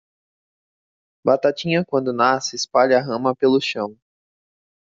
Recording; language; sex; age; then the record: short text; Brazilian Portuguese; male; 20 to 29 years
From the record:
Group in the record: control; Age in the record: 29 years